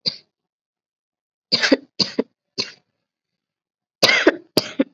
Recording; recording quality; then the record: heavy voluntary cough; excellent, no background noise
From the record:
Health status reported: COVID-19 positive, moderate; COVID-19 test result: positive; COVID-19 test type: rapid antigen test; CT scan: not taken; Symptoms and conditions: cough, fever, fatigue, muscle pain, another condition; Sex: female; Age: 19 years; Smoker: no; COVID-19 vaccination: one dose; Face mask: worn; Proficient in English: no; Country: India